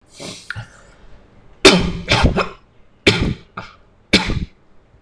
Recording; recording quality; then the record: heavy voluntary cough; excellent, no background noise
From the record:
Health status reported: recovered from COVID-19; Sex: male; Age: 20 years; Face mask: not worn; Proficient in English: yes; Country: India